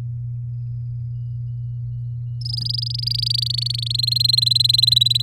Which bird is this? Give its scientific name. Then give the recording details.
Serinus canaria. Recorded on 9 May 2018 at 09:27. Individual llb16